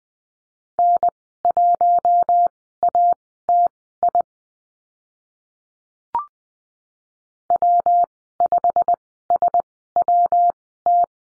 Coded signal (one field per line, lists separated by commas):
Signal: Morse code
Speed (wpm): 20 wpm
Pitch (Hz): 700 Hz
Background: none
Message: N1ATI W5SWT